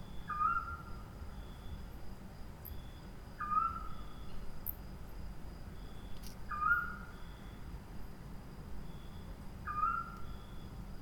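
Screech owl voicing brief whistles that drop a little in pitch, heard four times at regular intervals against insect drones and a low rumble.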